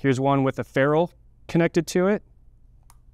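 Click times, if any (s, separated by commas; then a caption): 2.9 s. Someone talks, then at 2.9 s a short, sharp tick sounds as a signal wire with a crimped ferrule is pushed into a spring-loaded snap-in terminal on the connector of an NI C Series measurement module. The ferruled wire clicks in and is seated.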